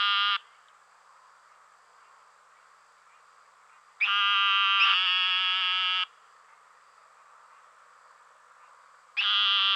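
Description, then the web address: Eastern narrowmouth toad giving long nasal buzzing bleats, each lasting one to two seconds, separated by several seconds of quiet, with overlapping callers. "Dan Gibson Wildlife Identification By Sound, Western North America. Eastern Narrowmouth Toad"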